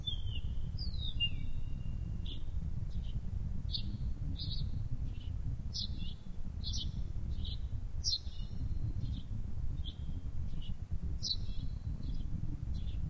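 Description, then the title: Bird song: repeated short, high whistled notes, several sweeping downward, over a continuous low rumbling background. "SuaraBurung Kicau2"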